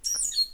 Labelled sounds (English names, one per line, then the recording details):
Stitchbird song
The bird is a male
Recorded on Tiritiri Matangi Island, New Zealand, in 2005
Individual 3, of nest box 3